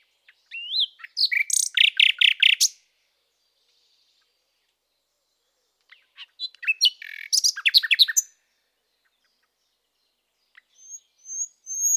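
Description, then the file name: Common nightingale singing two rich phrases of varied whistles and rapid chirps, with a long silent pause between them and soft high notes at the end. "Rossignol"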